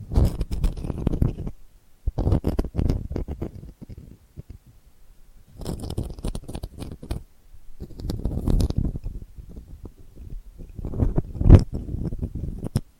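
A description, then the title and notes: Delicate scratching comes in bursts of dense, rapid strokes, each lasting one to two seconds, separated by brief near-silent pauses. The texture is gritty and mostly low, with occasional brighter crackles. A sharper, louder scrape stands out near the eleven-second mark. ASMR Delicate Scratching for Sleep (No Talking).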